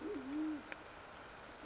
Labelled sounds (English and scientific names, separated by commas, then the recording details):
Band-tailed Pigeon (Patagioenas fasciata)
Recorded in Sonoma County, California